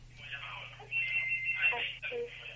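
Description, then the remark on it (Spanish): A telephone rings for the last incoming listener call of a call-in program, a thin, tinny electronic tone lasting about half a second, set against a steady low hum with muffled voice-like sounds around it. “Salvo que llegue el último llamado. Ahí está el último llamado.”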